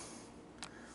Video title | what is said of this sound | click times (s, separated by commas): Review of my AWESOME Stand Up Kayak (Field and Stream Shadow Caster 2020) | lock it into place that locks | 0.6 s